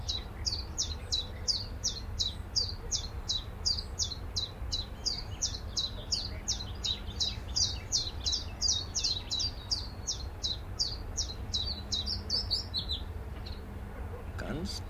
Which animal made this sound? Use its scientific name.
Phylloscopus trochilus